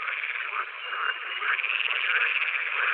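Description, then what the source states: Pool frog calling with a continuous, fast-pulsed rattling croak that holds steady throughout, rising slightly in loudness toward the end. Recorded in 2021.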